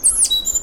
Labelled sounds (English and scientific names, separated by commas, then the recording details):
Stitchbird (Notiomystis cincta) song
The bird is a male
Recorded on Tiritiri Matangi Island, New Zealand, in 2005
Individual 1, of nest box 1